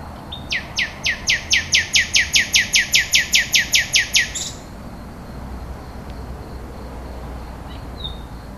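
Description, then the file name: Common nightingale song: a long, steady series of many loud, evenly spaced repeated notes, then near silence with faint background noise. "rossignol"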